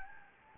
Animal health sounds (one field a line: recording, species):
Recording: mosquito wingbeat signal from an infrared sensor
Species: Anopheles gambiae